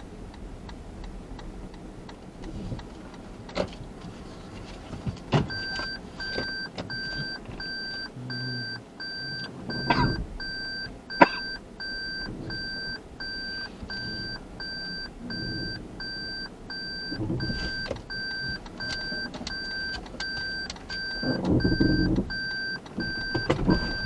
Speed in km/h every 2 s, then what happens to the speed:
0, 0, 0, 0, 0, 0, 0, 0, 0, 0, 0, 0.
0-24 standing.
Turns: none.